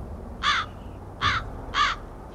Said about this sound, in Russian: Послышался крик ворона, только что спланировавшего на землю.